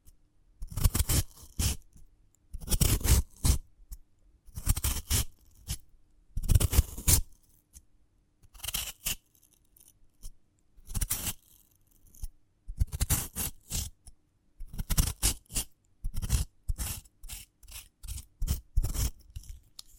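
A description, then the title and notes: A sprouted coconut being handled in a slow, quiet ASMR style. Short bursts of rough scraping and crunchy cutting sounds come every second or so, each bright and full from low thud to crisp hiss, with near-silence between them. ASMR of a Sprouted Coconut (No Talking).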